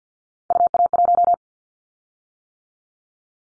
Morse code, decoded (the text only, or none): UA1